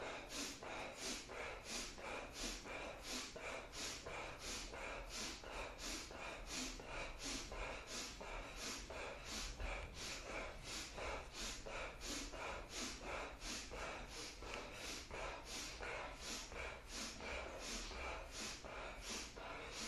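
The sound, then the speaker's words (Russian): Steady, rhythmic kriya breathing exercise, with forceful, breathy inhales and exhales through the chest repeating quickly and evenly for the whole stretch, fairly loud, with no talking. “И теперь вдох и такой выдох.”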